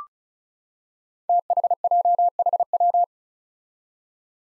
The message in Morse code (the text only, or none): THJHW